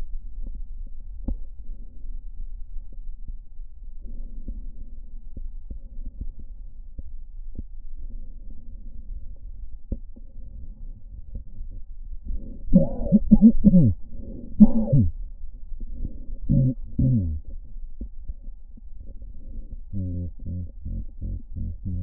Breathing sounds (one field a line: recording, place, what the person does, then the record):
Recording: lung sounds by stethoscope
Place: left posterior apical chest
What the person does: quiet breathing, then cough and speech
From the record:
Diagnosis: none (healthy)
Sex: male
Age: 34 years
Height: 174 cm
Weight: 93 kg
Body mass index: 30.7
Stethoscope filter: diaphragm mode